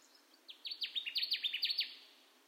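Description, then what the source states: Connecticut warbler song, a bright chanting series of quick descending notes lasting about one and a half seconds. Recorded 10 June 2021; nine songs in the recording.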